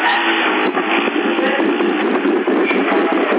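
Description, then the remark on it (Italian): A gust of wind buffets a window, a loud, steady rushing roar with faint rattling flutters that holds throughout without easing. No voices. “Mi senti la raffica nella finestra?”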